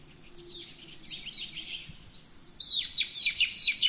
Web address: Birds in the Rainforest 03 Dawn Venezuela Gran Sabana